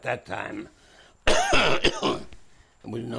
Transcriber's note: coughs